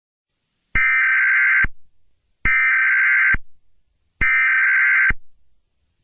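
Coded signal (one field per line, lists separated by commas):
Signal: Emergency Alert System (SAME) tones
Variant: header bursts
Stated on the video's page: Mock, fictional alert.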